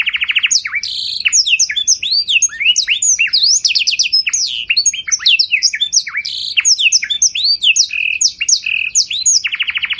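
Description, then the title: Domestic canary delivers a long rolling song of bright rising and falling whistles, opening and closing with lower rapid trills. White canary with rolling song, long sustained phrases and ornate cengkok style. "Canto Para Esquentar Canário Belga. Suara Burung Kenari Putih Ngeroll Mantap Nembak Panjang! Cengkok Mewah Beda Dari Kenari Lain"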